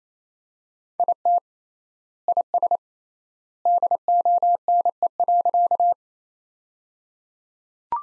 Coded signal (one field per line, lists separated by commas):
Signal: Morse code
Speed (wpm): 28 wpm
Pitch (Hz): 700 Hz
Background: none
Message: IT IS DONE.